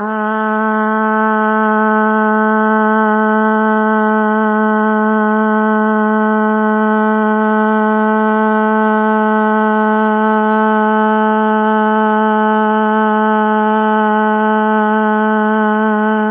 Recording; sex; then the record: sustained vowel /a/; female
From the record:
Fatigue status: fatigue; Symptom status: symptomatic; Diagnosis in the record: COVID-19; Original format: 3gp